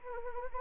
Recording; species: mosquito wingbeat signal from an infrared sensor; Anopheles arabiensis